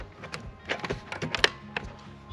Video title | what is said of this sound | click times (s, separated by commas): Greenworks Pro 80V Chainsaw 18" Bar - Unboxing, Review, and First Impressions | Just a nice little click. | 1.4 s